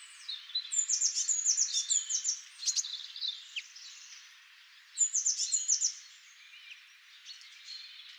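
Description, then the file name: Eurasian blue tit giving high, thin chattering calls in two quick bursts, the second shorter, with faint softer notes in between. "Cyanistes caeruleus"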